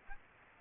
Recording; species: mosquito wingbeat signal from an infrared sensor; Aedes aegypti